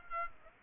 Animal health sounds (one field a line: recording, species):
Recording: mosquito wingbeat signal from an infrared sensor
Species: Aedes aegypti